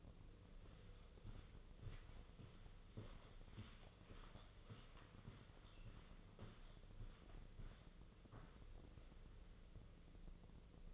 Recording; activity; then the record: daily activity, microphone in the room; walk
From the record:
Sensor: 4